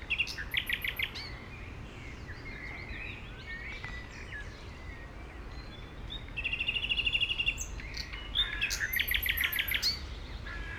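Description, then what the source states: Common nightingale song with bursts of sharp repeated clicks, a rapid pulsed trill and scattered whistles, separated by quieter pauses, over constant low background hum. By Heidekampgraben along the Mauerweg, former Berlin Wall area, Berlin, Germany; Sony PCM D50 with Primo EM172 microphones.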